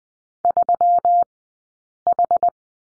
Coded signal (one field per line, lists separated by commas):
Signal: Morse code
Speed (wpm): 20 wpm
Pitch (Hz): 700 Hz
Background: none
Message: 3H